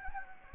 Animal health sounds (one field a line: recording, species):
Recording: mosquito wingbeat signal from an infrared sensor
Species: Anopheles gambiae